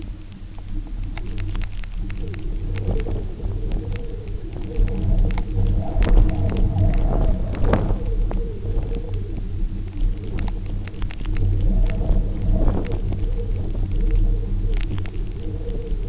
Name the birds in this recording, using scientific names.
none